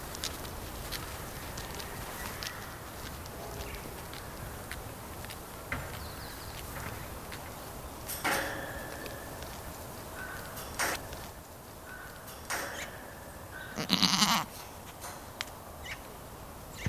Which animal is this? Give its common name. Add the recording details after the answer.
Markhor. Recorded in captivity. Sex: diverse. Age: diverse. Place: Tierpark Berlin, Berlin, DE. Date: 1997-01-12 14:19. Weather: partly sunny, -5°C. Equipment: Nagra SN, Kopie Uher 4000 Report Monitor. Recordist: Tembrock, Günter